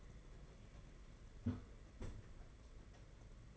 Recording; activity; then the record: daily activity, microphone in the room; close fridge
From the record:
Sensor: 4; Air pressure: 992.7 hPa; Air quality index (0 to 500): 166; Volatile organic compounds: 218 ppm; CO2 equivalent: 4270 ppm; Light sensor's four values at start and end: 19/63/23/24 and 19/64/24/25